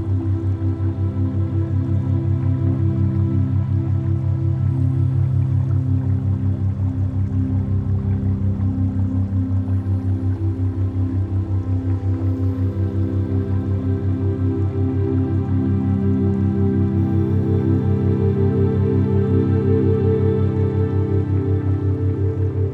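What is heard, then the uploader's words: A steady, dense drone of low stacked tones pulses rapidly and evenly throughout, with a faint watery trickle blended underneath at constant loudness. Floating in the Pools of Running Water - Theta Binaural Beat.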